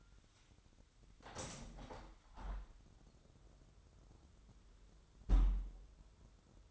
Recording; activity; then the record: daily activity, microphone in the room; open window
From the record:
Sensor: 3